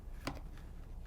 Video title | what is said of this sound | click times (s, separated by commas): Dye i5 Mask Foam Kit - Installation | and then I'm going to snap that top piece into place | 0.3 s